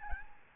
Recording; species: mosquito wingbeat signal from an infrared sensor; Aedes albopictus